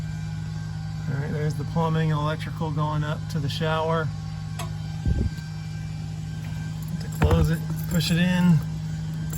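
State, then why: Not seated. Someone talks while an exterior access door latch on a travel trailer body is handled and pushed to close it, over a steady low hum. The clip ends before the latch goes home, so nothing has seated or clicked yet.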